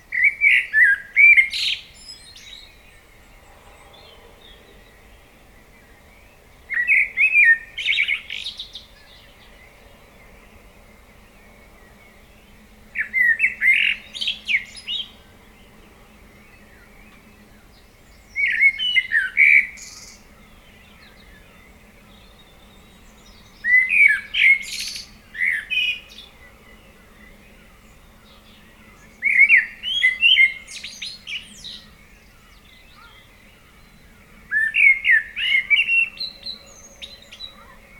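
A dawn chorus led by one bird singing short, bright phrases of chirps and trills, each lasting about two seconds and repeating roughly every five to six seconds. Between phrases there is near silence, with a faint low hum and soft distant calls underneath.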